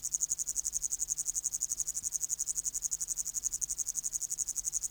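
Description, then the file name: Upland green bush-cricket giving an unbroken high, sizzling stridulation of evenly spaced rapid pulses throughout. "Tettigonia cantans"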